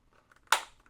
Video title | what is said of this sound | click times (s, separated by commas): What's In The Box?! GEL BLASTER SURGE XL | bottom and here in the front snaps into position both of those places | 0.5 s